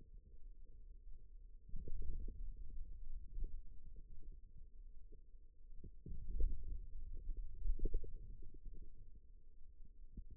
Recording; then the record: forearm muscle sounds (acoustic myography)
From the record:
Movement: wrist flexion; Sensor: system 2, bracelet of six BSWA MPA416 microphones around the upper forearm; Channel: 4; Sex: male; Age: 22 years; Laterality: right